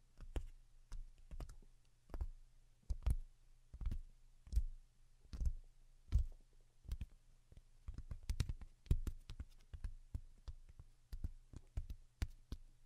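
Delicate tapping in a steady, unhurried rhythm, each soft knock landing about every half to three-quarters of a second over a faint low hum.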